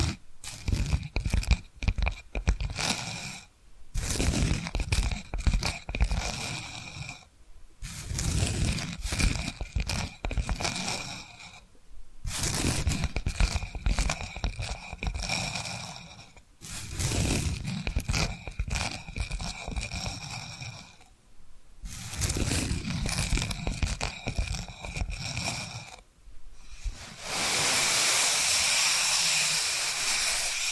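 Tapping and scratching come in dense, crunchy bursts of several seconds, separated by short silences, ending with a steady bright hiss.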